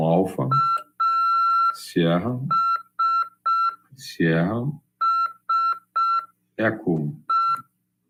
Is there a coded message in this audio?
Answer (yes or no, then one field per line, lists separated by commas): yes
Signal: Morse code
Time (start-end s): 0.5-7.6 s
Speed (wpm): 5 wpm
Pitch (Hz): 1350 Hz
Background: speech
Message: ASSE